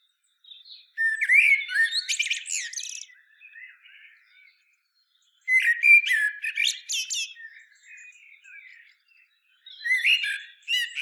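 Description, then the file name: Common blackbird song: two long warbling phrases full of squeaky chatter, with a shorter burst starting just before the end. "Turdus merula"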